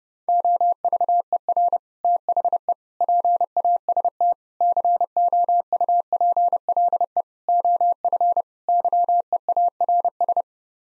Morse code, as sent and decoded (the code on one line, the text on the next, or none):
--- ...- . .-. / - .... . / .--. .- ... - / -.-. --- ..- .--. .-.. . / --- ..-. / -.-- . .- .-. ...
OVER THE PAST COUPLE OF YEARS